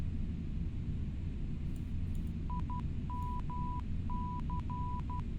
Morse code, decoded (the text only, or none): IMC